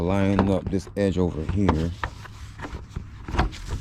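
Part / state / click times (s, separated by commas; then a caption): turn signal lamp housing into front body mounting clip / seated / 3.4 s. A front turn signal lamp housing on a 2002 Nissan Pathfinder 3.5 V6 is lined up and pushed into its mounting clip on the vehicle body during a turn signal bulb replacement, while someone talks. A few soft knocks come before a sharp snap at 3.4 seconds as the housing seats into the clip.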